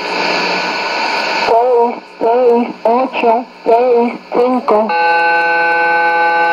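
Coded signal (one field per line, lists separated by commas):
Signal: numbers station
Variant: HM01, Spanish voice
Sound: hiss, then a voice reading about six short words evenly, then a steady buzzy tone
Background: radio static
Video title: 22 02 2017 Cuban Spy Numbers HM01 in Spanish 0708 on 9330 Bejucal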